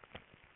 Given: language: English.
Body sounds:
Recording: throat vibration sensor signal played as sound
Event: swallow

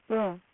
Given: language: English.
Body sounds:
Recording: throat vibration sensor signal played as sound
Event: speech

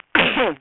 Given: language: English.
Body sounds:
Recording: throat vibration sensor signal played as sound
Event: cough

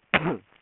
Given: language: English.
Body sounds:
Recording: throat vibration sensor signal played as sound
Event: cough

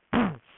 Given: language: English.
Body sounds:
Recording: throat vibration sensor signal played as sound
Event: throat clearing

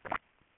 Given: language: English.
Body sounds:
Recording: throat vibration sensor signal played as sound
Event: swallow

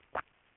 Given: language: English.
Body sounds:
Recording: throat vibration sensor signal played as sound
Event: swallow

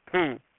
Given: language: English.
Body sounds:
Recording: throat vibration sensor signal played as sound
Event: speech

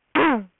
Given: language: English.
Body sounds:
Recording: throat vibration sensor signal played as sound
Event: throat clearing

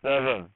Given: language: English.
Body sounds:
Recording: throat vibration sensor signal played as sound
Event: speech

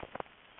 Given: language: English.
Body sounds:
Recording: throat vibration sensor signal played as sound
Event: swallow

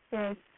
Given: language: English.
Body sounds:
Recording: throat vibration sensor signal played as sound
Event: speech

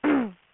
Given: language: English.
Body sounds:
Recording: throat vibration sensor signal played as sound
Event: throat clearing

